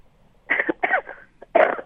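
Three short, harsh coughs from an elderly woman, heard through a thin-sounding telephone line.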